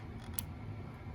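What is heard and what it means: A wiring harness electrical connector in the engine bay of a 2016 Land Rover LR4 is pushed onto its mating socket and slides in, seating with a single sharp, short click at 0.4 s over a low background hum. Its gray locking slide is then pushed up to lock it in place.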